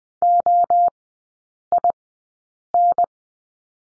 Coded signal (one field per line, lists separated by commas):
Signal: Morse code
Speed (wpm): 20 wpm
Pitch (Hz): 700 Hz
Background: none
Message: OIN